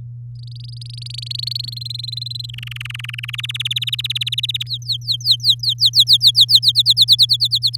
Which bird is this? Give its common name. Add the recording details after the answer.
Domestic Canary. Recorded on 7 May 2018 at 06:06. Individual llb16